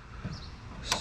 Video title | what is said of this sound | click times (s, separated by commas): Review on Tohatsu 6 Horse Power Outboard , Tips & Precautions [MFS6D] | just lift it up until you hear three clicks first | 0.9 s